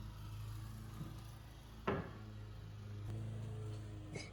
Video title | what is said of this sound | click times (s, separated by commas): How to Assemble the Dannico Montessori Bookshelf with Hidden Storage (Current Version, Tool-Free) | So, you're going to press them down till you hear a click on both sides. | 1.9 s